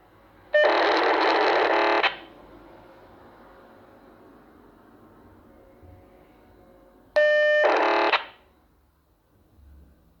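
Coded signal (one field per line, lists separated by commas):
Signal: POCSAG pager data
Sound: two harsh buzzing data bursts separated by quiet radio hiss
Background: radio static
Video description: UPDATED: It’s a Personal Searcher ”sound” you are hearing and a POCSAG broadcasting.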